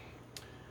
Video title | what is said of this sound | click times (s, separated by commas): 1983 Kenner Speeder Bike Review | That just snaps right into place. | 0.4 s